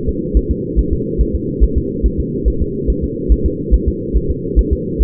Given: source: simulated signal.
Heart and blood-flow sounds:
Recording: fetal heart sounds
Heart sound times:
0.09 s: S2
0.37 s: S1
0.51 s: S2
0.79 s: S1
0.93 s: S2
1.21 s: S1
1.35 s: S2
1.64 s: S1
1.78 s: S2
2.06 s: S1
2.20 s: S2
2.48 s: S1
2.62 s: S2
2.90 s: S1
3.04 s: S2
3.32 s: S1
3.46 s: S2
3.74 s: S1
3.88 s: S2
4.16 s: S1
4.31 s: S2
4.59 s: S1
4.73 s: S2
5.02 s: S1
From the record:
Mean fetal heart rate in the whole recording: 140 bpm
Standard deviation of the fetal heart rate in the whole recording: 2 bpm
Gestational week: 34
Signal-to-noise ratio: -6.6 dB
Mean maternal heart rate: 72 bpm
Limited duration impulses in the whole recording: present

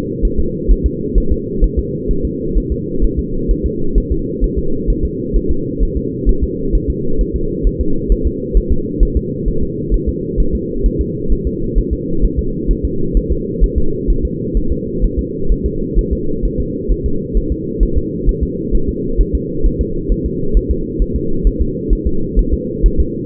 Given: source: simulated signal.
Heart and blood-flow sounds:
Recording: fetal heart sounds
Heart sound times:
0.25 s: S1
0.39 s: S2
0.71 s: S1
0.86 s: S2
1.18 s: S1
1.32 s: S2
1.64 s: S1
1.79 s: S2
2.11 s: S1
2.25 s: S2
2.58 s: S1
2.72 s: S2
3.04 s: S1
3.19 s: S2
3.51 s: S1
3.66 s: S2
3.98 s: S1
4.12 s: S2
4.44 s: S1
4.59 s: S2
4.90 s: S1
5.05 s: S2
5.36 s: S1
5.51 s: S2
5.83 s: S1
5.97 s: S2
6.29 s: S1
6.43 s: S2
6.75 s: S1
6.90 s: S2
7.21 s: S1
7.36 s: S2
7.67 s: S1
7.81 s: S2
8.12 s: S1
8.27 s: S2
8.57 s: S1
8.72 s: S2
9.03 s: S1
9.17 s: S2
9.48 s: S1
9.63 s: S2
9.94 s: S1
10.09 s: S2
10.40 s: S1
10.55 s: S2
10.86 s: S1
11.01 s: S2
11.32 s: S1
11.47 s: S2
11.79 s: S1
11.93 s: S2
12.25 s: S1
12.39 s: S2
12.71 s: S1
12.85 s: S2
13.17 s: S1
13.32 s: S2
13.64 s: S1
13.78 s: S2
14.10 s: S1
14.25 s: S2
14.57 s: S1
14.72 s: S2
15.04 s: S1
15.19 s: S2
15.52 s: S1
15.66 s: S2
15.99 s: S1
16.13 s: S2
16.45 s: S1
16.60 s: S2
16.91 s: S1
17.06 s: S2
17.37 s: S1
17.52 s: S2
17.83 s: S1
17.98 s: S2
18.29 s: S1
18.43 s: S2
18.75 s: S1
18.89 s: S2
19.21 s: S1
19.35 s: S2
19.66 s: S1
19.81 s: S2
20.12 s: S1
20.26 s: S2
20.57 s: S1
20.71 s: S2
21.02 s: S1
21.16 s: S2
21.47 s: S1
21.62 s: S2
21.93 s: S1
22.07 s: S2
22.39 s: S1
22.54 s: S2
22.86 s: S1
23.00 s: S2
From the record:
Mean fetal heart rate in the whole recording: 130 bpm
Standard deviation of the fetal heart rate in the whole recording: 2 bpm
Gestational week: 36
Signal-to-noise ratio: -8.1 dB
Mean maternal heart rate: 72 bpm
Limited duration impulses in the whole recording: absent

